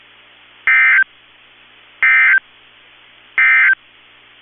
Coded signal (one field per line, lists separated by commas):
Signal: Emergency Alert System (SAME) tones